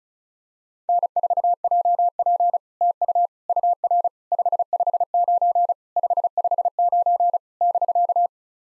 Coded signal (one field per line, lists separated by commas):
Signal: Morse code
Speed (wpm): 36 wpm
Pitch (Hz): 700 Hz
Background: none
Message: N4JP TU UR 559 559 <BK>